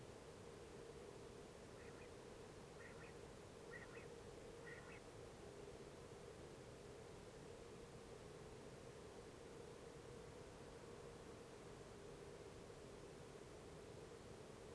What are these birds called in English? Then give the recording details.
Common Quail. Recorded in France